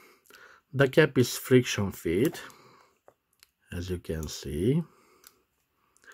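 A friction-fit cap on a Baoer 388 fountain pen with a black lacquered body is handled over the section while someone talks. A few faint ticks are heard during pauses in the talking. The cap has not clicked shut or seated yet.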